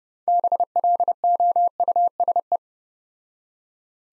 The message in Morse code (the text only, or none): BLOUSE